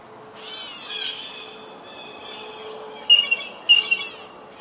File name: blue jay